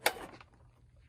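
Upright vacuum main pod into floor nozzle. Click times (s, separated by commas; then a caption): 0.1 s. The plastic main pod of a Shark Rotator Pro Lift-Away DuoClean Self-Cleaning upright vacuum is pushed down onto its floor nozzle until it locks. A sharp, bright click at 0.1 s is followed by a few much fainter ticks. The pod is confirmed seated on the nozzle.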